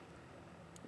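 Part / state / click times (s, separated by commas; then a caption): blanking cap onto wiring harness plug / seated / 0.8 s. A plastic pin blanking cap is pushed onto the last unused intake runner control connector of the wiring harness plug during a VMP Gen 6 3.0 L supercharger kit install on a 2024+ Mustang GT and Dark Horse. Over a steady low background hiss, a short, sharp click is heard at 0.8 s. The cap seats onto the plug.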